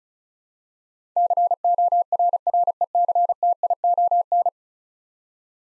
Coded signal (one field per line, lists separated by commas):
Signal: Morse code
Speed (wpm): 36 wpm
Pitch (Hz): 700 Hz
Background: none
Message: CORRECTION